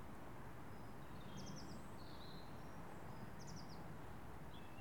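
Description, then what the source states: Garden birds giving a few short, high chirps and brief thin whistles over a steady low rumble of traffic. Birds in a residential garden, with distant skyline traffic.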